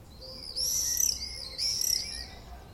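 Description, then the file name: Common swift screams: two shrill, high buzzy screeches close together, each lasting well under a second. Common swift calls, recorded 6 June 2014. "Mauerseglerrufe MS 06-06-2014"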